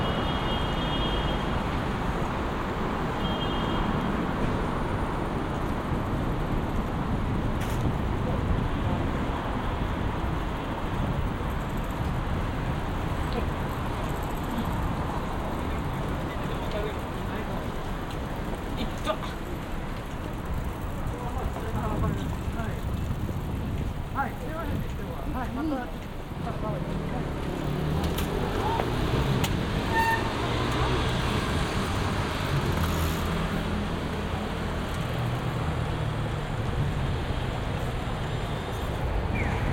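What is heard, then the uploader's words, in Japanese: Someone walks through the city amid a steady, dense roar of traffic, with passing cars and a low rumble running throughout. Voices come and go in the background, and a few brief sharp clicks and knocks appear, especially near the end. 喧騒と静寂の街を歩く（Binaural）-Walk around the city。バイノーラルで街を歩いてみました。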